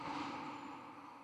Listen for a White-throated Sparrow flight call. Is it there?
no